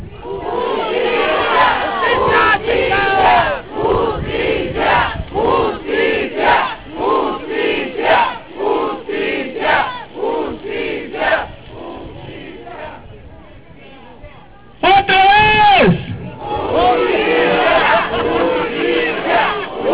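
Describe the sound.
A large crowd in Chihuahua shouts a rallying cry, the "cry of life", in loud, rhythmic bursts of many voices together, dipping briefly before a single high voice rings out and the massed shouting surges back.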